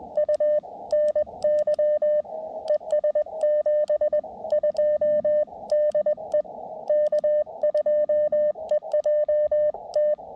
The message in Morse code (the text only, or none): U NY ES 72 DE K2EJT